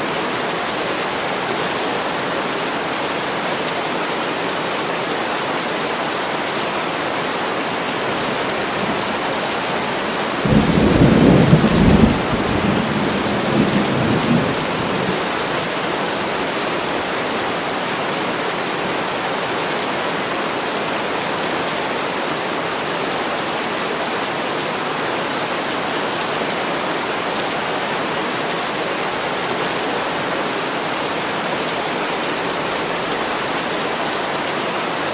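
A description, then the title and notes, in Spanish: Heavy rain pours steadily onto a roof in a forest at night, a dense, even hiss that fills the whole clip. Around ten seconds in, a low rumble of thunder rolls through for several seconds, then fades back under the constant downpour. Fuerte Lluvia Y Truenos En El Tejado En El Bosque Por La Noche.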